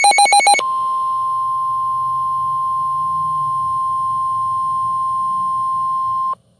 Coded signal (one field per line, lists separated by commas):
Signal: Emergency Alert System (SAME) tones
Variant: 1050 Hz attention tone